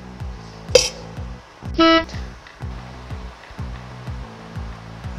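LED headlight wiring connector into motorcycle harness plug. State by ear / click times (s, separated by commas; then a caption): not seated / none. A plastic wiring connector from a new LED headlight is pushed into the harness plug of a Harley Davidson Fatboy motorcycle, with a sharp tap near 0.8 s and a brief harmonic tone around 1.8–2.0 s over steady repeating low pulses. The connector will not go fully home, leaving about a millimeter gap with the contacts still visible, and nothing has seated or clicked yet.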